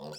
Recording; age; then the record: pig call; piglet (1 to 25 days)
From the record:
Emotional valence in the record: negative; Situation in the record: short isolation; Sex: male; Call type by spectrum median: low-frequency call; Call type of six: mixed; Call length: 0.19 s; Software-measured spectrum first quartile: 446 Hz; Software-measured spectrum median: 1158 Hz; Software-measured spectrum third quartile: 4940 Hz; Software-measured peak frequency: 514 Hz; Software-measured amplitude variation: 61 dB a second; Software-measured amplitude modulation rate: 7.8 a second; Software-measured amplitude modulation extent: 7.8 dB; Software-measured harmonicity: 3.0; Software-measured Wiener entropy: -3.29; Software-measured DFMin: 974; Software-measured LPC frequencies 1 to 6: 582, 1251, 2755, 3546, 4672, 5353 Hz